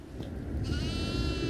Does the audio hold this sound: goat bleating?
yes